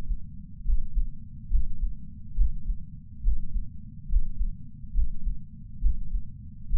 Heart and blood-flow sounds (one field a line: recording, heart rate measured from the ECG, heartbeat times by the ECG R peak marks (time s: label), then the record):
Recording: heart sounds by patch sensor on the chest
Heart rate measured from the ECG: 69 bpm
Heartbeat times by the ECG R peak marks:
0.63 s: heartbeat
1.49 s: heartbeat
2.35 s: heartbeat
3.22 s: heartbeat
4.07 s: heartbeat
4.92 s: heartbeat
5.80 s: heartbeat
6.68 s: heartbeat
From the record:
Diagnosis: coronary artery disease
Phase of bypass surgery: preoperative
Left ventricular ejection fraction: 62.4%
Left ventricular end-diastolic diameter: 53 mm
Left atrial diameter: 33 mm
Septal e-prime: 9.2 cm/s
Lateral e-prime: 11.3 cm/s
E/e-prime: 6.9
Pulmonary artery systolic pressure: 26 mmHg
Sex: male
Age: 35 years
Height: 178 cm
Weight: 58 kg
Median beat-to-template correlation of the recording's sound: 0.86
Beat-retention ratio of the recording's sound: 0.99